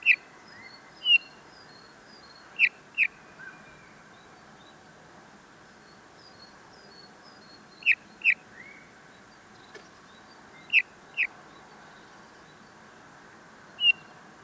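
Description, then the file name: Eurasian bullfinch giving soft piping whistled calls, mostly in pairs, separated by gaps of several seconds, with a faint steady background hiss. "Pyrrhula pyrrhula"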